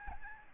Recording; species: mosquito wingbeat signal from an infrared sensor; Aedes albopictus